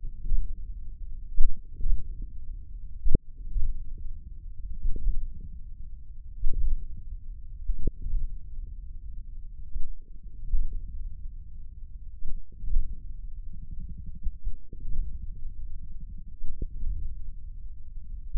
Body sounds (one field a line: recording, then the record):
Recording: forearm muscle sounds (acoustic myography)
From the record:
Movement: hook grip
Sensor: system 1, eight BSWA MPA416 microphones around the upper forearm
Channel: 8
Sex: male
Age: 54 years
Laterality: right